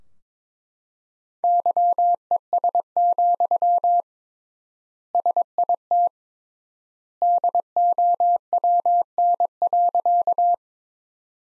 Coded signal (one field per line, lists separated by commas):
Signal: Morse code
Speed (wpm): 22 wpm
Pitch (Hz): 700 Hz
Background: none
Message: YES, SIT DOWN.